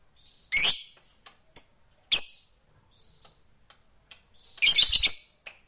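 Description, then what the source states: Lovebird calls: scattered harsh, high squawks and clicks with short gaps, ending in a brief burst of rough chatter. Fighter lovebird singing energetically (gacor).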